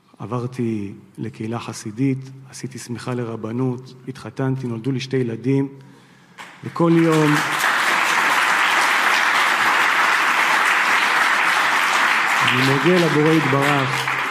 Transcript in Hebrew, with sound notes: עברתי לקהילה חסידית, עשיתי הסמכה לרבנות, התחתנתי, נולדו לי שתי ילדים [מחיאות כפיים] וכל יום אני מודה לבורא יתברך